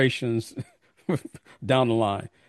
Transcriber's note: laughs